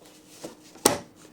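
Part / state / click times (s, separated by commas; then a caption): embroidery hoop into embroidery machine carriage / seated / 0.9 s. An embroidery hoop is slid onto the carriage of a Brother PE900 embroidery machine's embroidery unit, pulled to the left and pushed down until it latches. A soft knock comes at about 0.4 s, then a sharp, loud click at 0.9 s as the hoop seats onto the carriage.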